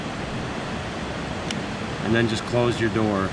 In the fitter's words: push until it clicks